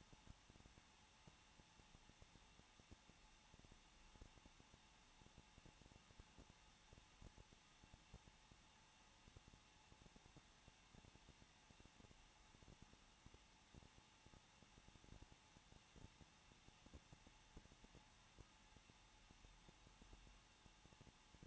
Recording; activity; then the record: daily activity, microphone in the room; no activity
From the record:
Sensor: 1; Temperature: 20.1 degrees Celsius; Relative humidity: 39.3%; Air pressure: 1006.3 hPa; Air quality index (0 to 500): 218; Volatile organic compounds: 79 ppm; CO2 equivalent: 3598 ppm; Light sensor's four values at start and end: 1/2/1/1 and 1/2/1/1